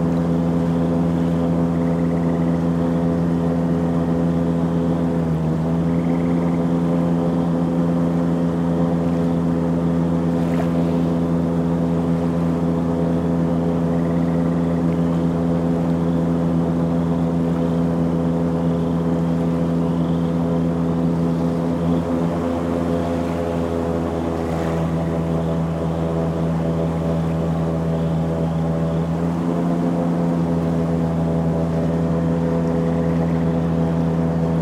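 An airboat's engine and propeller drone on steadily and loudly throughout, a deep, even roar layered with many humming tones. The pitch and level barely change, with brief rustling swishes around 5, 11, 25 and 30 seconds as it pushes through water and grass.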